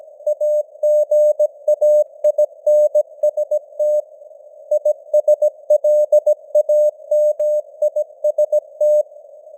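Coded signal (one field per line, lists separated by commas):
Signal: Morse code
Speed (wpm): 17 wpm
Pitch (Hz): 600 Hz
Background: none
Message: AGAINST ISLAMIST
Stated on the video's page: News headlines sent in Morse at 17 wpm with simulated radio noise and varying signal strength (QSB).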